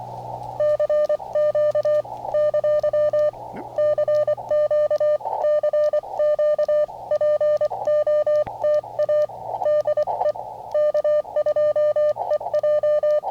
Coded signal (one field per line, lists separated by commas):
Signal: Morse code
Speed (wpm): 24 wpm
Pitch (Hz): 600 Hz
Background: radio noise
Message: CQ ! CQ CQ POTA DE K2EJ